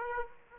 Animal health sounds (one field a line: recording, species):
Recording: mosquito wingbeat signal from an infrared sensor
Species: Aedes aegypti